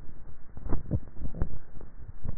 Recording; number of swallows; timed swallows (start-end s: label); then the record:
swallowing sounds by neck microphone; 1
0.70-1.30 s: swallow
From the record:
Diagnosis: dysphagia